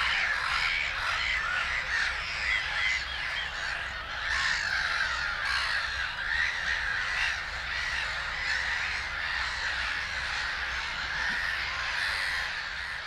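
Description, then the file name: Black-headed gulls calling in a continuous noisy chorus, many grating, rasping cries overlapping steadily, a few louder bursts standing out against the constant clamour. "Digiffects Sound Effects Library - Black-Headed Gull Bird"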